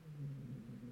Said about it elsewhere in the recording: Do you hear the dog snoring? I hear him grumbling. He's just lying on the floor at our feet, snoring. On a pillow. He's 12 now. He now has a pillow to lie on in the podcast booth. He definitely snores like an old man.